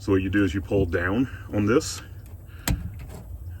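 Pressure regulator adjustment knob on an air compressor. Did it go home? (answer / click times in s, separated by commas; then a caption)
released / 2.7 s. Someone talks, then pulls down on the adjustment knob of an air compressor's pressure regulator, used to blow out a Dynamax Isata 5 36DS for winterizing. A sharp click at 2.7 s marks the knob unlocking, so it can be screwed in to raise the pressure toward 30 PSI.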